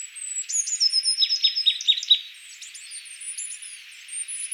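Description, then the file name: Marsh tit calling: high squeaky notes lead into a short, rapid run of about five clipped, descending chips, followed by scattered thin high twitters. "Poecile palustris"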